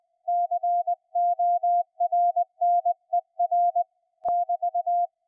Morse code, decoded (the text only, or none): CORNER <BT>